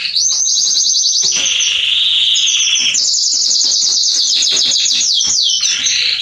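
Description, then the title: Canary song, a continuous run of rapid trills and rolling phrases, switching between high buzzy rolls and lower sustained trills, with no other sounds. Male Belgian canary singing a lot, used to warm up and train young canaries. "Canary Training Esquente Seu Filhote E Canario Belga Macho Cantando Muito CANTO DO CANRIO"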